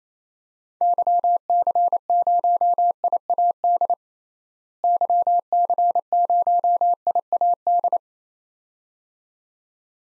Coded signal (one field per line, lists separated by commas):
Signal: Morse code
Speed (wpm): 28 wpm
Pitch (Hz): 700 Hz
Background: none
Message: YC0IAD YC0IAD